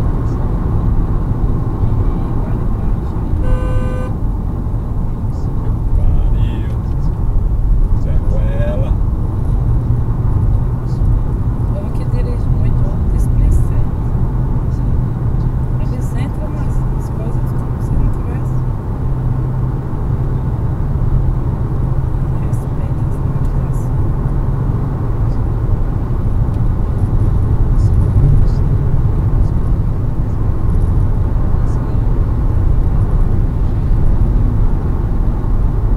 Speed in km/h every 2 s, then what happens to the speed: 131, 117, 112, 113, 115, 118, 121, 122, 123, 125, 127, 129, 131, 133, 136, 140, 143, 135.
0-3 brakes to 112. 5-31 speeds up to 143.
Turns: none.